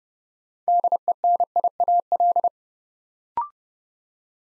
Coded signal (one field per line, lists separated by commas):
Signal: Morse code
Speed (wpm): 30 wpm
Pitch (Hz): 700 Hz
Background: none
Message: DENIAL